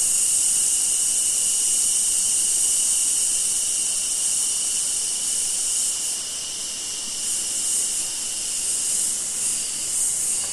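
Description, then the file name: Cicadas drone in a continuous high buzz that begins to throb in soft pulses during the later seconds. In a summer forest in Australia. "zapsplat nature forest amb summer insects cicada flies australia"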